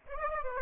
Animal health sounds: mosquito wingbeat signal from an infrared sensor; Aedes aegypti

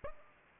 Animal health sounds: mosquito wingbeat signal from an infrared sensor; Aedes aegypti

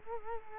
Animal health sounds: mosquito wingbeat signal from an infrared sensor; Culex quinquefasciatus

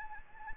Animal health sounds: mosquito wingbeat signal from an infrared sensor; Anopheles gambiae

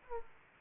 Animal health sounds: mosquito wingbeat signal from an infrared sensor; Aedes aegypti

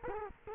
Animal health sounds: mosquito wingbeat signal from an infrared sensor; Culex quinquefasciatus

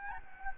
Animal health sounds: mosquito wingbeat signal from an infrared sensor; Anopheles gambiae

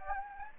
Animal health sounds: mosquito wingbeat signal from an infrared sensor; Anopheles gambiae

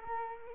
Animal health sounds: mosquito wingbeat signal from an infrared sensor; Culex quinquefasciatus

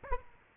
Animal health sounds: mosquito wingbeat signal from an infrared sensor; Aedes aegypti

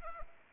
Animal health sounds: mosquito wingbeat signal from an infrared sensor; Anopheles arabiensis

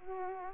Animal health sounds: mosquito wingbeat signal from an infrared sensor; Culex quinquefasciatus

